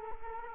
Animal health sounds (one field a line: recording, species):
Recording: mosquito wingbeat signal from an infrared sensor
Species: Culex quinquefasciatus